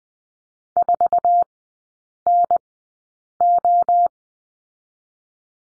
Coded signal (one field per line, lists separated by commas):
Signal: Morse code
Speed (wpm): 20 wpm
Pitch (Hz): 700 Hz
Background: none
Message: 4NO